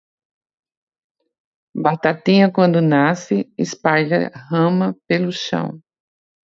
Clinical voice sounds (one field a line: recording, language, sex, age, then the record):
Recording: short text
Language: Brazilian Portuguese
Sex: female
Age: 50 to 59 years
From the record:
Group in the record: control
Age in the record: 59 years